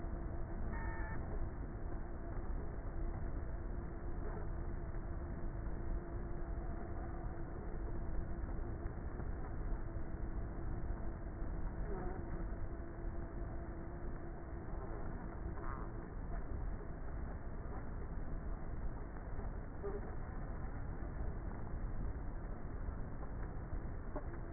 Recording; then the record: honeybee colony, microphone inside the hive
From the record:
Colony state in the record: queenless with a low population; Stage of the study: before two queens were removed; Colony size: about 30,000 bees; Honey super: no